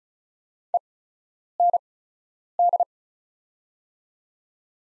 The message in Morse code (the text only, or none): END